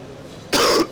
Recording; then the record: coughing mixed with background sound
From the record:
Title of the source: Coughing 60